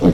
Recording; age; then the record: pig call; piglet (1 to 25 days)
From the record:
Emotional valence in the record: positive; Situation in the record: reunion after long isolation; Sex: male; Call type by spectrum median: low-frequency call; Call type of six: low-frequency modulated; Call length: 0.14 s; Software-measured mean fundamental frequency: 63 Hz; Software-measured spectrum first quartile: 180 Hz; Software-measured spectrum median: 272 Hz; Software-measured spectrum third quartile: 439 Hz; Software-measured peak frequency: 271 Hz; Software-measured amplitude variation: 124 dB a second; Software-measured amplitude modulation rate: 11.0 a second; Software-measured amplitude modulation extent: 11.2 dB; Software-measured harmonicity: -1.6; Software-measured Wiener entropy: -1.26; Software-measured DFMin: 1074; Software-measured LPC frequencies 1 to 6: 376, 2059, 3157, 3639, 5489, 7552 Hz